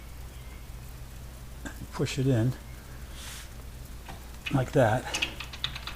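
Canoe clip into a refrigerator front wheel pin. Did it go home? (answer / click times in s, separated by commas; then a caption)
yes / 5.6 s. Someone talks while a small metal canoe clip is pushed into the front wheel pin of a Sub-Zero 600 Series refrigerator to hold the pin in place. Near the end comes a short burst of small metallic clicks, with the clip snapping home and locking into place at 5.6 s.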